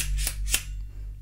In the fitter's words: slides in when it slides in you're going to hear it lock